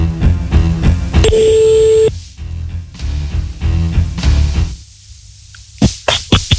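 signal or alarm, telephone number being dialed

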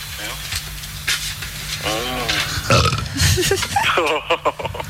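human body sound, burping

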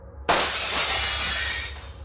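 impact, window glass shattering

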